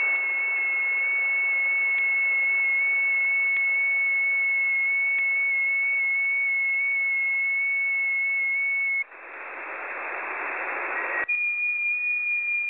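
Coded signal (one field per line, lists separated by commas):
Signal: FT8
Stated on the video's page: Received on 6 meters via sporadic E in the early morning.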